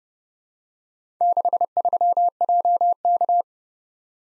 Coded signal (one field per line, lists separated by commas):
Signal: Morse code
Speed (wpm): 29 wpm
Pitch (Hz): 700 Hz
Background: none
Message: 63JK